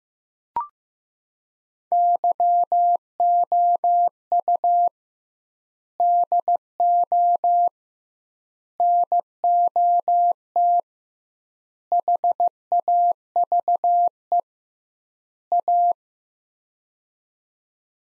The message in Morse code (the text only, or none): YOU DO NOT HAVE A